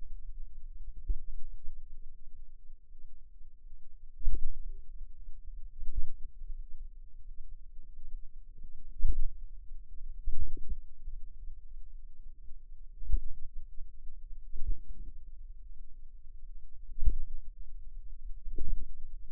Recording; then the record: forearm muscle sounds (acoustic myography)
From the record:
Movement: pen grasping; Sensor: system 2, bracelet of six BSWA MPA416 microphones around the upper forearm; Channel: 6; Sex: female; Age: 23 years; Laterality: right